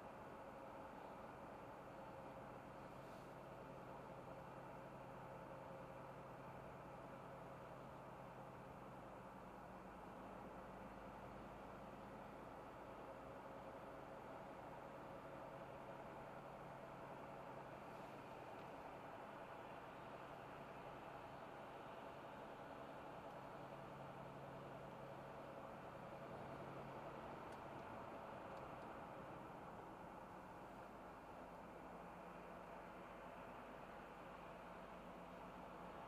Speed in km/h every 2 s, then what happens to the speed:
74, 73, 74, 73, 70, 72, 74, 75, 77, 77, 76, 76, 77, 61, 70, 69, 67, 68.
0-9 steady at about 73. 9-16 speeds up to 77. 16-24 steady at about 77. 24-26 brakes to 61. 26-36 steady at about 68.